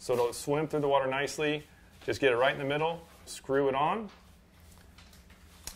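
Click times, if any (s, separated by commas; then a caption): 5.7 s. Someone talks while a twist-lock hook keeper is centred and screwed into the head of a soft plastic paddletail bait. After the talking stops there are faint handling sounds, then a short, sharp click at 5.7 s as the keeper locks into place.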